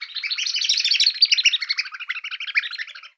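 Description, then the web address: Bird calls: a dense, continuous chatter of quick high chirps and tweets for about three seconds, ending abruptly. "Xsample. VOGEL"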